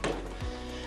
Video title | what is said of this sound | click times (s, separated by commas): Toshiba Air Purifier (CADR: 127 CFM ) 3-Stage Filtration HEPA filter, UV light sanitizer REVIEW | and locks in place just like that | 0.0 s